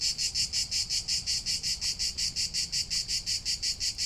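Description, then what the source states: Cicadas singing a high, hissing buzz that pulses in rapid, regular beats, steady and unbroken throughout. Cicada chorus in summer in Provence; song described as soothing, with a distinctive, regular timbre.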